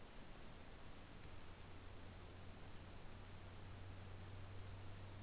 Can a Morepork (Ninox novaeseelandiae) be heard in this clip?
no